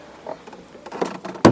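A plastic retaining clip on the door trim panel of a Nissan Qashqai J11 / X-Trail, handled during a speaker replacement with a Hertz kit, is pressed in with the fingers. After faint handling rustles and small taps, a loud, sharp snap comes at 1.4 s, and the clip is seated in the door panel.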